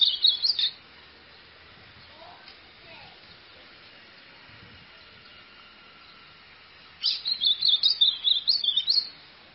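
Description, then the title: White-throated seedeater song: a brief high chattering burst at the start, then a long quiet pause before a rapid twittering phrase of quick notes returns near the end. "Canto Do Golinha"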